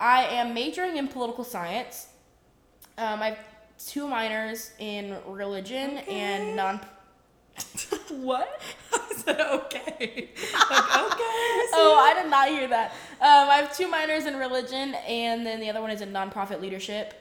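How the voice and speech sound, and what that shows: A young adult woman speaks fluently with clear, typical voicing, briefly interrupted by another voice; ordinary speech.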